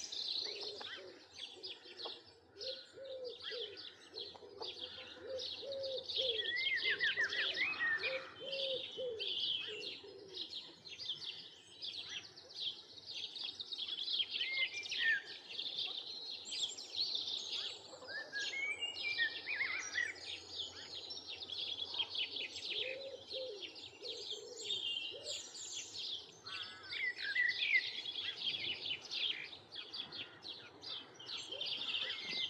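Dense birdsong fills the whole recording, with many overlapping chirps and trills, mostly high and bright, some quick repeated notes. A lower, softer warbling line comes and goes, and a steady low wash of flowing water runs underneath throughout.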